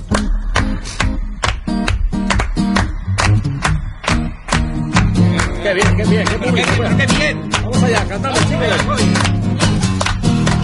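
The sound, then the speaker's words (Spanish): A crowd claps steadily in time with live music, sharp rhythmic claps roughly twice a second cutting through a loud band and singing voices. “Esas palmas, hombre.”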